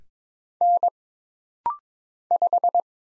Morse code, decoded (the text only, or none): N 5